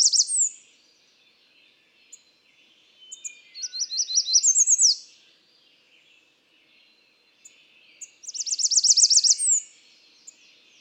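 American redstart song: high, thin phrases of rapid repeated notes, some ending in a sharp downslurred flourish, given three times with pauses between.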